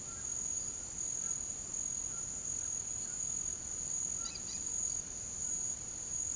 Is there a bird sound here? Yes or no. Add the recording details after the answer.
yes. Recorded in pastures near Puerto Asís, Putumayo, Colombia, on 8 March 2025 at 08:00. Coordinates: 0.486, -76.323. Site G075